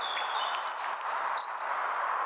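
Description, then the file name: European robin: thin, drawn-out high whistles in short pieces, slightly wavering, a delicate sequence of piping notes with little else audible. "Erithacus rubecula"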